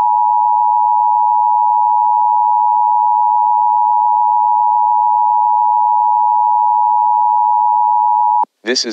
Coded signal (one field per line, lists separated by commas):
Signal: Emergency Alert System (SAME) tones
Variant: 853 and 960 Hz attention tone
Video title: Nebraska Emergency Alert System Test (EAS Required Monthly Test) KNVO Omaha, NE February 2020